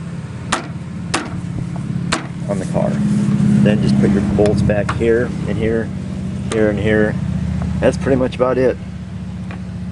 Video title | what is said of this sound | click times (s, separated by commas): 2001 Pt crusier fan replace mpeg2video | on here just latch them in the sets in here and everything kind of fits snaps back in place again on the car | 0.5 s, 1.1 s, 2.1 s